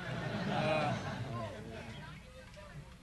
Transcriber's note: chuckles